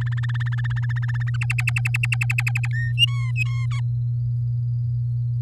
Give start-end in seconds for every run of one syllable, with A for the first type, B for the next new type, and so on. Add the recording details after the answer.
0.01-1.36 A, 1.41-2.67 B, 2.73-2.92 C, 2.98-3.66 D, 3.71-3.80 E. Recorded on 9 May 2018 at 06:10. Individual llb16